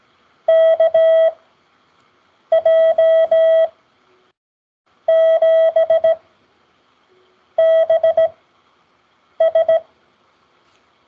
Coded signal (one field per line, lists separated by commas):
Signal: Morse code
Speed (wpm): 17 wpm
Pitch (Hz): 650 Hz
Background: none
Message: KJ7BS